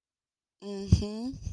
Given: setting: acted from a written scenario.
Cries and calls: vocal sound without words; confusion

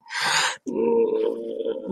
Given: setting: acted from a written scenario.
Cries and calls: vocal sound without words; sadness

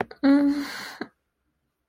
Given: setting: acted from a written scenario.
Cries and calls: vocal sound without words; shame

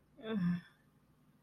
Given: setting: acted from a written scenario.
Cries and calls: vocal sound without words; embarrassment

